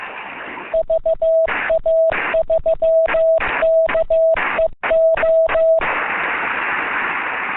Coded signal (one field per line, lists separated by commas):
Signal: Morse code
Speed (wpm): 15 wpm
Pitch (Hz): 650 Hz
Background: none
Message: VA3KEO